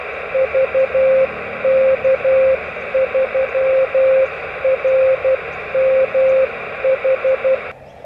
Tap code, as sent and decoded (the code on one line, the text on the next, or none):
none